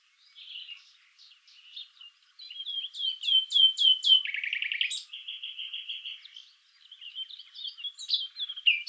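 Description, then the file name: Common nightingale song: soft notes building to loud sweeping whistles, a rapid rattle, then a steady repeated trill and varied twittering phrases. "Luscinia megarhynchos"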